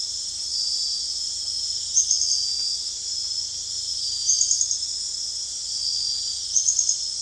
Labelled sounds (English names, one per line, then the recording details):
none
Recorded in dense forest near Puerto Asís, Putumayo, Colombia, on 18 February 2024 at 02:30
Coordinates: 0.485, -76.322
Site G6406